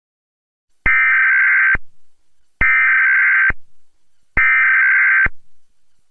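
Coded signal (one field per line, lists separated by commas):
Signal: Emergency Alert System (SAME) tones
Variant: header bursts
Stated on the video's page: Reenactment mock of a Severe Thunderstorm Warning, using valid EAS tones.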